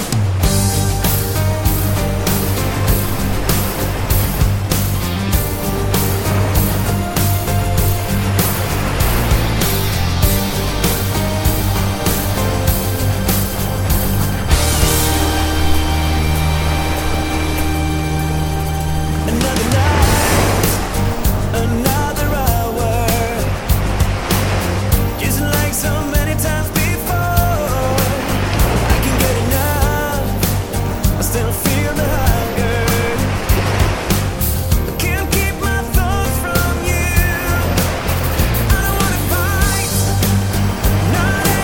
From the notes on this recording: HI DEFINITION AOR MELODIC MUSIC& THE OCEANsound